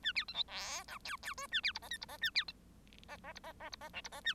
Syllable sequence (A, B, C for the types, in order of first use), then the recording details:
A B C D E F G G H A B I J K I J A B C J J I J J I J L I J A. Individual Bird1